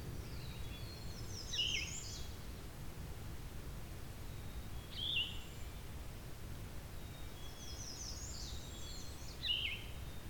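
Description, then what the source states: Yellow-throated Vireo singing three hoarse, slurred phrases spaced several seconds apart over steady background noise. Described as not a frequent singer; its song is likened to a Red-eyed Vireo's with a sore throat. Recorded at a spot between a quarry and a field.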